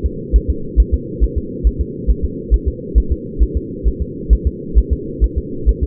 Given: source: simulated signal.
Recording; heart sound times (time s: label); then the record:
fetal heart sounds
0.06 s: S2
0.36 s: S1
0.50 s: S2
0.80 s: S1
0.94 s: S2
1.24 s: S1
1.38 s: S2
1.67 s: S1
1.81 s: S2
2.10 s: S1
2.25 s: S2
2.54 s: S1
2.68 s: S2
2.98 s: S1
3.12 s: S2
3.43 s: S1
3.57 s: S2
3.88 s: S1
4.02 s: S2
4.33 s: S1
4.47 s: S2
4.78 s: S1
4.93 s: S2
5.24 s: S1
5.38 s: S2
5.69 s: S1
5.83 s: S2
From the record:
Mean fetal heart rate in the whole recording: 135 bpm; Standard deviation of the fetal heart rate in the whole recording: 3 bpm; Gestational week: 34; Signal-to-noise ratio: -4.3 dB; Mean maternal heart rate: 72 bpm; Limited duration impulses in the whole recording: absent